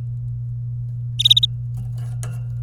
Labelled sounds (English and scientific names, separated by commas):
Domestic Canary (Serinus canaria) song